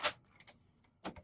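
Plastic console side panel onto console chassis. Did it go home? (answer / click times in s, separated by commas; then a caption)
yes / 0.4 s, 1.1 s. A plastic PlayStation 5 console side panel, already laid on corner by corner, is pushed down in its raised middle onto the console chassis. After a sharp broadband sound at the start, faint clicks come at 0.4 s and a louder click at 1.1 s. The panel is seated in place.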